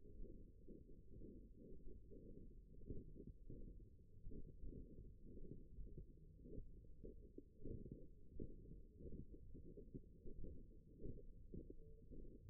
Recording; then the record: forearm muscle sounds (acoustic myography)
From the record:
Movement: tripod grip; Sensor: system 1, eight BSWA MPA416 microphones around the upper forearm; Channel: 7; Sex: female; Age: 21 years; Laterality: right